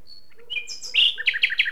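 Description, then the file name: Common nightingale song fragment: thin whistles leading into loud, rapidly repeated harsh chirps, with a faint low tone underneath. "Luscinia megarhynchos"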